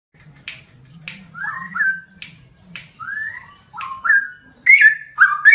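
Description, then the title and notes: Songbird giving whistled, slurred notes broken by sharp snapping clicks, phrases becoming louder and more complex toward the end, over a faint low hum. "Kicau Burung Lengkap"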